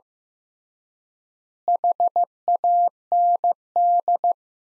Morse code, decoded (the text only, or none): HAND